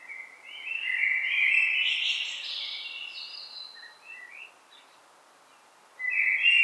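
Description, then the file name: Common blackbird song, a long fluty warble swelling into a scratchy high twitter, a few soft notes trailing off, then a new phrase starting. "Turdus merula"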